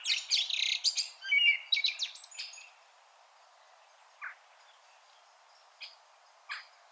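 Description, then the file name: Common blackbird song fragment: loud, high, squeaky twittering bursts for about two and a half seconds, then three faint, short, isolated notes. "Turdus merula"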